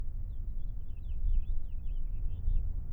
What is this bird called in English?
House Finch